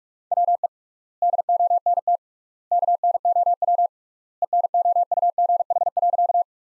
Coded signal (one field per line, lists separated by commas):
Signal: Morse code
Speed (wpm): 46 wpm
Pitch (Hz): 700 Hz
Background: none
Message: WE DONT KNOW ENOUGH.